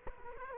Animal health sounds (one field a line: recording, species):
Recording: mosquito wingbeat signal from an infrared sensor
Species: Culex quinquefasciatus